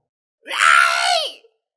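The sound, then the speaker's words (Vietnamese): A single loud, strained scream holds steady for about a second, rich and harmonic, then its pitch sags downward as it cuts off, with nothing else around it. “Một tiếng thét dài, thánh hoàng tử tới.”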